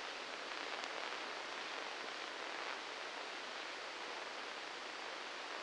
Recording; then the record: brain microelectrode recording played as sound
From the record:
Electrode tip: inside the subthalamic nucleus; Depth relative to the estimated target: -1 mm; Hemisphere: left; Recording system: NeuroSet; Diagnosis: Parkinson's disease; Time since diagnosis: 7 years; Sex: male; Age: 44 years